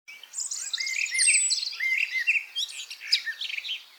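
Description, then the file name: Eurasian blackcap giving a rich, rapid warble of varied whistled and chattering notes that runs almost continuously for several seconds. "Sylvia atricapilla"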